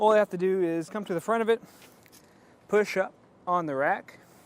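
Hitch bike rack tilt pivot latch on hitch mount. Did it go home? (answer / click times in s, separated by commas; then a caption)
no / none. Someone talks while pushing a Benton Shifts&Grins hitch bike rack, mounted on a 2023 Subaru Outback Wagon, up from its tilted position toward upright on the hitch mount's tilt pivot latch. Only faint handling noise is heard between the speech. The clip ends before the metal tilt latch clicks into place, so nothing has seated or clicked yet.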